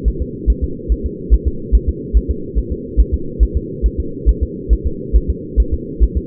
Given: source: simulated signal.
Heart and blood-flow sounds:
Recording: fetal heart sounds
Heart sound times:
0.08 s: S1
0.22 s: S2
0.50 s: S1
0.64 s: S2
0.92 s: S1
1.06 s: S2
1.34 s: S1
1.48 s: S2
1.75 s: S1
1.89 s: S2
2.17 s: S1
2.31 s: S2
2.58 s: S1
2.72 s: S2
3.00 s: S1
3.14 s: S2
3.43 s: S1
3.57 s: S2
3.86 s: S1
4.00 s: S2
4.29 s: S1
4.43 s: S2
4.73 s: S1
4.87 s: S2
5.16 s: S1
5.30 s: S2
5.60 s: S1
5.74 s: S2
6.03 s: S1
6.17 s: S2
From the record:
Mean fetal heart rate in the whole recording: 140 bpm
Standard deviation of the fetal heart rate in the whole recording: 2 bpm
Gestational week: 34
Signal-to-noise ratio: -4.3 dB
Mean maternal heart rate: 72 bpm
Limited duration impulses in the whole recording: absent

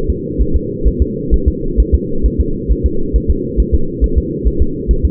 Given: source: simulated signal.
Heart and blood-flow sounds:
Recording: fetal heart sounds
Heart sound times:
0.10 s: S2
0.41 s: S1
0.56 s: S2
0.88 s: S1
1.02 s: S2
1.34 s: S1
1.48 s: S2
1.80 s: S1
1.94 s: S2
2.26 s: S1
2.41 s: S2
2.72 s: S1
2.86 s: S2
3.16 s: S1
3.30 s: S2
3.60 s: S1
3.74 s: S2
4.04 s: S1
4.18 s: S2
4.47 s: S1
4.62 s: S2
4.91 s: S1
5.05 s: S2
From the record:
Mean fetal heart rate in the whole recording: 135 bpm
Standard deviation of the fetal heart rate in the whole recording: 3 bpm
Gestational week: 34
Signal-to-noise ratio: -8.1 dB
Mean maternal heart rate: 72 bpm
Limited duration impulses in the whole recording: absent

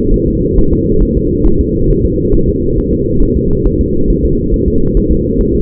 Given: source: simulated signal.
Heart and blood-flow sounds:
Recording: fetal heart sounds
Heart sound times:
0.14 s: S1
0.28 s: S2
0.58 s: S1
0.73 s: S2
1.03 s: S1
1.17 s: S2
1.47 s: S1
1.61 s: S2
1.90 s: S1
2.05 s: S2
2.34 s: S1
2.49 s: S2
2.78 s: S1
2.93 s: S2
3.22 s: S1
3.37 s: S2
3.67 s: S1
3.81 s: S2
4.10 s: S1
4.25 s: S2
4.54 s: S1
4.68 s: S2
4.97 s: S1
5.11 s: S2
5.41 s: S1
5.55 s: S2
From the record:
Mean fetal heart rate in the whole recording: 135 bpm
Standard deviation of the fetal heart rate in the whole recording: 3 bpm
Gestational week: 36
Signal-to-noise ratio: -16.4 dB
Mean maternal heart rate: 72 bpm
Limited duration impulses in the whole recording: present

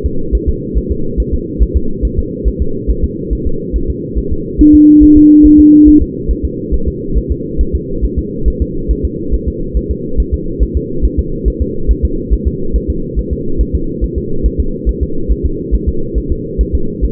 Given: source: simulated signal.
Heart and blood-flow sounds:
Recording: fetal heart sounds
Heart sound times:
0.06 s: S2
0.35 s: S1
0.49 s: S2
0.78 s: S1
0.91 s: S2
1.20 s: S1
1.34 s: S2
1.62 s: S1
1.77 s: S2
2.05 s: S1
2.19 s: S2
2.48 s: S1
2.62 s: S2
2.90 s: S1
3.04 s: S2
3.33 s: S1
3.47 s: S2
3.76 s: S1
3.90 s: S2
4.18 s: S1
4.32 s: S2
4.61 s: S1
4.75 s: S2
5.03 s: S1
5.17 s: S2
5.46 s: S1
5.60 s: S2
5.88 s: S1
6.02 s: S2
6.31 s: S1
6.45 s: S2
6.74 s: S1
6.88 s: S2
7.18 s: S1
7.31 s: S2
7.61 s: S1
7.75 s: S2
8.05 s: S1
8.19 s: S2
8.48 s: S1
8.62 s: S2
8.91 s: S1
9.05 s: S2
9.34 s: S1
9.48 s: S2
9.77 s: S1
9.91 s: S2
10.20 s: S1
10.34 s: S2
10.63 s: S1
10.77 s: S2
11.05 s: S1
11.19 s: S2
11.48 s: S1
11.62 s: S2
11.91 s: S1
12.05 s: S2
12.33 s: S1
12.47 s: S2
12.76 s: S1
12.90 s: S2
13.19 s: S1
13.33 s: S2
13.61 s: S1
13.75 s: S2
14.04 s: S1
14.18 s: S2
14.46 s: S1
14.60 s: S2
14.89 s: S1
15.03 s: S2
15.32 s: S1
15.46 s: S2
15.74 s: S1
15.89 s: S2
16.18 s: S1
16.32 s: S2
16.61 s: S1
16.75 s: S2
17.05 s: S1
From the record:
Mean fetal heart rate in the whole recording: 140 bpm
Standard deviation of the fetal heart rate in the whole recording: 2 bpm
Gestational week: 34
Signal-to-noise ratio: -8.1 dB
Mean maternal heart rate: 72 bpm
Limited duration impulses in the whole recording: present

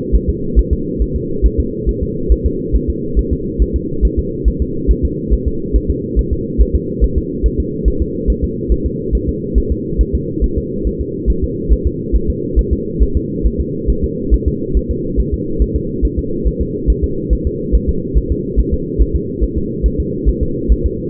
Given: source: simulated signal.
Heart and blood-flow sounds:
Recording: fetal heart sounds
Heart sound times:
0.15 s: S1
0.29 s: S2
0.59 s: S1
0.73 s: S2
1.02 s: S1
1.16 s: S2
1.46 s: S1
1.60 s: S2
1.89 s: S1
2.03 s: S2
2.32 s: S1
2.46 s: S2
2.75 s: S1
2.90 s: S2
3.19 s: S1
3.33 s: S2
3.62 s: S1
3.76 s: S2
4.05 s: S1
4.19 s: S2
4.48 s: S1
4.62 s: S2
4.91 s: S1
5.05 s: S2
5.33 s: S1
5.47 s: S2
5.76 s: S1
5.90 s: S2
6.19 s: S1
6.33 s: S2
6.61 s: S1
6.75 s: S2
7.04 s: S1
7.18 s: S2
7.46 s: S1
7.60 s: S2
7.88 s: S1
8.02 s: S2
8.30 s: S1
8.44 s: S2
8.72 s: S1
8.86 s: S2
9.15 s: S1
9.29 s: S2
9.58 s: S1
9.72 s: S2
10.01 s: S1
10.15 s: S2
10.44 s: S1
10.58 s: S2
10.87 s: S1
11.01 s: S2
11.30 s: S1
11.44 s: S2
11.73 s: S1
11.87 s: S2
12.16 s: S1
12.30 s: S2
12.59 s: S1
12.73 s: S2
13.03 s: S1
13.17 s: S2
13.46 s: S1
13.61 s: S2
13.90 s: S1
14.04 s: S2
14.34 s: S1
14.48 s: S2
14.77 s: S1
14.91 s: S2
15.20 s: S1
15.34 s: S2
15.62 s: S1
15.76 s: S2
16.05 s: S1
16.19 s: S2
16.47 s: S1
16.61 s: S2
16.90 s: S1
17.04 s: S2
17.33 s: S1
17.47 s: S2
17.75 s: S1
17.89 s: S2
18.18 s: S1
18.32 s: S2
18.60 s: S1
18.74 s: S2
19.02 s: S1
19.16 s: S2
19.44 s: S1
19.58 s: S2
19.86 s: S1
20.00 s: S2
20.29 s: S1
20.43 s: S2
20.72 s: S1
20.86 s: S2
From the record:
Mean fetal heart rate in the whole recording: 140 bpm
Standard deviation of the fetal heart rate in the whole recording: 2 bpm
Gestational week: 34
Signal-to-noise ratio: -6.6 dB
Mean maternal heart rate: 72 bpm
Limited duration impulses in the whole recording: present

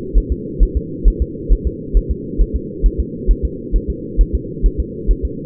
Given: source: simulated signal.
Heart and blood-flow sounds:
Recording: fetal heart sounds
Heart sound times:
0.18 s: S1
0.32 s: S2
0.63 s: S1
0.77 s: S2
1.08 s: S1
1.22 s: S2
1.52 s: S1
1.67 s: S2
1.97 s: S1
2.11 s: S2
2.41 s: S1
2.56 s: S2
2.86 s: S1
3.00 s: S2
3.31 s: S1
3.45 s: S2
3.76 s: S1
3.90 s: S2
4.21 s: S1
4.35 s: S2
4.66 s: S1
4.80 s: S2
5.11 s: S1
5.25 s: S2
From the record:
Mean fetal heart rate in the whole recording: 135 bpm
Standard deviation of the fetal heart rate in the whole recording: 3 bpm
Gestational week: 36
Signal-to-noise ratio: -4.1 dB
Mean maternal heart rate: no maternal heart sound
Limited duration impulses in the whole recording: absent

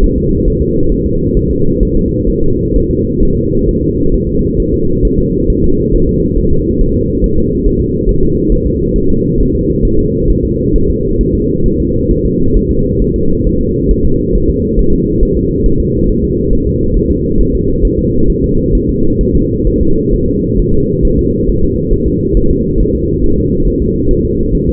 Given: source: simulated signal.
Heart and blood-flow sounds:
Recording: fetal heart sounds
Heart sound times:
0.04 s: S1
0.18 s: S2
0.48 s: S1
0.62 s: S2
0.92 s: S1
1.06 s: S2
1.37 s: S1
1.51 s: S2
1.83 s: S1
1.97 s: S2
2.29 s: S1
2.44 s: S2
2.76 s: S1
2.90 s: S2
3.23 s: S1
3.37 s: S2
3.69 s: S1
3.83 s: S2
4.14 s: S1
4.29 s: S2
4.60 s: S1
4.74 s: S2
5.05 s: S1
5.19 s: S2
5.50 s: S1
5.64 s: S2
5.95 s: S1
6.09 s: S2
6.38 s: S1
6.53 s: S2
6.82 s: S1
6.96 s: S2
7.24 s: S1
7.38 s: S2
7.66 s: S1
7.81 s: S2
8.09 s: S1
8.23 s: S2
8.52 s: S1
8.66 s: S2
8.96 s: S1
9.10 s: S2
9.40 s: S1
9.55 s: S2
9.85 s: S1
9.99 s: S2
10.30 s: S1
10.45 s: S2
10.76 s: S1
10.90 s: S2
11.21 s: S1
11.35 s: S2
11.66 s: S1
11.80 s: S2
12.11 s: S1
12.26 s: S2
12.57 s: S1
12.71 s: S2
13.02 s: S1
13.16 s: S2
13.47 s: S1
13.61 s: S2
13.91 s: S1
14.05 s: S2
14.35 s: S1
14.50 s: S2
14.79 s: S1
14.93 s: S2
15.23 s: S1
15.37 s: S2
15.66 s: S1
15.80 s: S2
16.09 s: S1
16.24 s: S2
16.53 s: S1
16.67 s: S2
16.97 s: S1
17.11 s: S2
17.41 s: S1
17.55 s: S2
17.85 s: S1
17.99 s: S2
18.30 s: S1
18.44 s: S2
18.75 s: S1
18.89 s: S2
19.21 s: S1
19.35 s: S2
19.67 s: S1
19.81 s: S2
20.14 s: S1
20.28 s: S2
20.59 s: S1
20.74 s: S2
21.05 s: S1
21.19 s: S2
21.50 s: S1
21.64 s: S2
21.93 s: S1
22.08 s: S2
22.37 s: S1
22.51 s: S2
22.80 s: S1
22.95 s: S2
23.24 s: S1
23.38 s: S2
23.67 s: S1
23.82 s: S2
24.11 s: S1
24.25 s: S2
24.55 s: S1
24.69 s: S2
From the record:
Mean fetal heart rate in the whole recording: 135 bpm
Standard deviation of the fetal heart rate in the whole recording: 3 bpm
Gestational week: 36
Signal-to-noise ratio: -16.4 dB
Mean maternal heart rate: 72 bpm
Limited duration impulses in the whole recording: present

